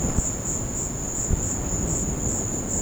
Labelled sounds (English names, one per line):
none